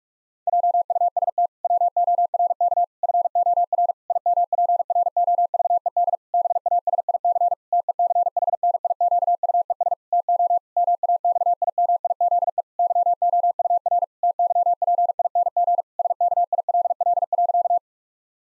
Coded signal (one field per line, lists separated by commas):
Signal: Morse code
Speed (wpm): 46 wpm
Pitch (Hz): 700 Hz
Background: none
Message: JUST WORK FOR IMPROVED BASIC TECHNIQUES TO MAXIMIZE YOUR TYPING SKILL.